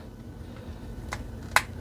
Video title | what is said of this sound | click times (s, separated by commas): Transformers Studio Series ROTB Optimus Primal | There we go, that will snap into place. | 1.6 s